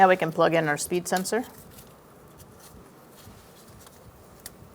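Someone talks for about the first 1.5 seconds, then quiet handling follows as the wheel speed sensor electrical plug on a 2004-2009 Mazda 3 is brought to its plastic harness connector at the front strut and knuckle area. A brief faint tap is heard around 4.5 seconds, but the connector has not seated or clicked in yet.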